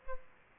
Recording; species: mosquito wingbeat signal from an infrared sensor; Aedes aegypti